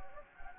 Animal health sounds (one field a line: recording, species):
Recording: mosquito wingbeat signal from an infrared sensor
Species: Anopheles gambiae